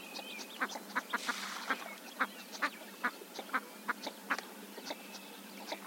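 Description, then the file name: Northern shoveler calls: short, dry clucking notes repeated about twice a second in an uneven series, with faint thin whistles in the background. "Skedand"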